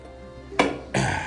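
The hand clutch lever of a 1941 John Deere B tractor is pushed forward until it clicks over into its engaged position. A sharp metallic click lands at 0.6 s over a low steady hum, followed by a second sustained broadband burst at about 0.95 s. The lever is seated in the engaged position.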